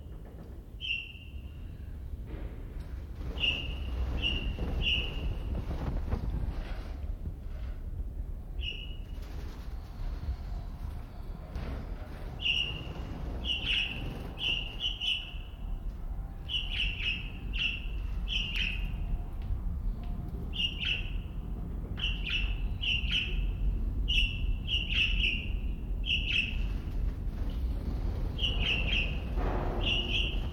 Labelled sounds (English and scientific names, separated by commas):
Golden-breasted Starling (Lamprotornis regius)